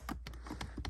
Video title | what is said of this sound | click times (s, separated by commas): A Cheap, Easy, and Moderately DANGEROUS C5 Corvette Upgrade - DriveHub | there's the satisfying click now we're gonna wait | 0.3 s